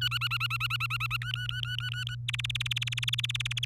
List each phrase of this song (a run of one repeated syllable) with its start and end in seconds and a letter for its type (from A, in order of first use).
0.01-1.17 A, 1.22-2.15 B, 2.28-3.65 C